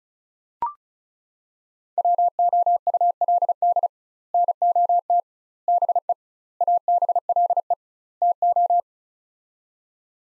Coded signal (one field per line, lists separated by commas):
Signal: Morse code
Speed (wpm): 36 wpm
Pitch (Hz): 700 Hz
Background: none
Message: WOULD NOT BE ABLE TO